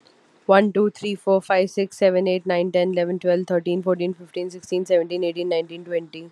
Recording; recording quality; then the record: counting at a fast pace; excellent, no background noise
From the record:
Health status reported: respiratory illness, not identified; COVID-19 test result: negative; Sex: female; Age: 29 years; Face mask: not worn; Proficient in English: yes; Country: India